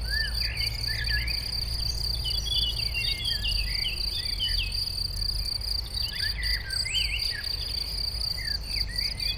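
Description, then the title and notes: A high, unbroken cricket chorus with a faint pulse, busy bird chirping scattered over it, and a low rumble of passing traffic. Chorus of crickets in a sunny west-facing sloping meadow at Chindrieux, France, with birdsong from surrounding trees and traffic noise from the nearby road. "Chindrieux, France - Concert de grillons. Dans une prairie ensoleillée en pente orientée à l'Ouest , concert de grillons et chants d'oiseaux dans les arbres à l'entour , bruits de circulation de la route proche"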